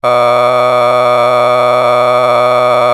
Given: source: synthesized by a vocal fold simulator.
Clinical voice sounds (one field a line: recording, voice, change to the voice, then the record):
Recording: sustained vowel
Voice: male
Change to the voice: a random mix of aspiration noise, stiffness perturbation and strain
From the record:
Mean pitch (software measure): 123 Hz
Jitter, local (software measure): 1.85%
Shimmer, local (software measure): 6.7%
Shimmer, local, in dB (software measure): 0.61 dB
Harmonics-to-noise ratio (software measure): 11.9 dB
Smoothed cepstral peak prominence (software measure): 17.6 dB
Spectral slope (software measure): -13.5 dB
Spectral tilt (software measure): -10.2 dB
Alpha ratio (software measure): -4.0 dB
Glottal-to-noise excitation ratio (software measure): 0.984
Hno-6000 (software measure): 1.9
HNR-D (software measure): 25.5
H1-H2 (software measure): 1.1 dB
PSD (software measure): 1.6e-04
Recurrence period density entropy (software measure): 0.117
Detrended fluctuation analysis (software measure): 0.0301